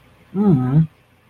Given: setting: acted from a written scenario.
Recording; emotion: vocal sound without words; neutral